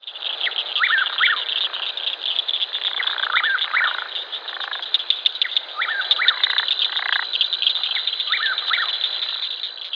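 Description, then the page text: Squirrel Treefrog in a mixed frog chorus: a dense, continuous high trilling band over many repeated short calls throughout. Mixed chorus from a flooded field, together with Pseudacris fourquetti and Pseudacris clarkii. "Mixed chorus from a flooded field featuring the Squirrel Treefrog and other species including Pseudacris fourquetti and Pseudacris clarkii."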